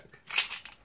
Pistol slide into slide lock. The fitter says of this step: when you pull it back you want it to click